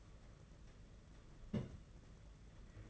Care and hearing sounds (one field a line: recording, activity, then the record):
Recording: daily activity, microphone in the room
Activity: place on stove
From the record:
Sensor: 4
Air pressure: 992.8 hPa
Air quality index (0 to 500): 175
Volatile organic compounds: 322 ppm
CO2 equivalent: 4529 ppm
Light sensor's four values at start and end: 5/11/4/5 and 5/11/4/5